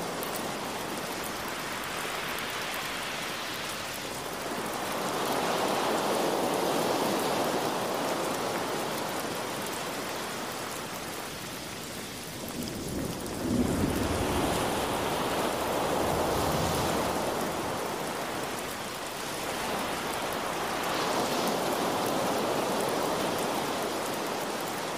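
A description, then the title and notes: Rain and thunder with ocean waves: a constant hiss of rain covers the whole stretch, with slow swells rising and falling every several seconds like waves washing in. Around the middle, a low rumble of thunder rolls through, deepening the sound before easing off. Rain And Thunder Sound With Ocean Waves.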